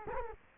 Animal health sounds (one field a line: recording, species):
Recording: mosquito wingbeat signal from an infrared sensor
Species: Culex quinquefasciatus